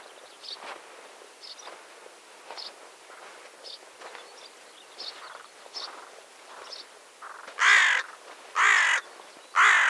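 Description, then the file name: Carrion crow cawing: three loud, harsh, hoarse caws about a second apart near the end, after a stretch of faint, high chirps from small birds. "Corvus corone"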